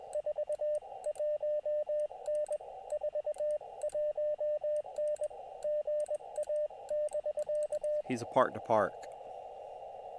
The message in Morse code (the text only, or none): 41N 41N GA<BK> EI